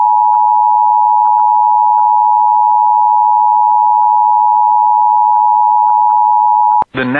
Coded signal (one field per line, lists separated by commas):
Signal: Emergency Alert System (SAME) tones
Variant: 853 and 960 Hz attention tone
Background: speech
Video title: [EAS] Tornado Watch 511 For the Bemidji Area (7/24/2026)